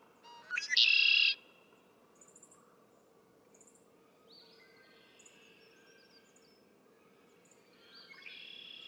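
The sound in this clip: Red-winged blackbird song: a few short introductory notes, then a loud buzzy trill lasting under a second, followed by fainter similar songs later.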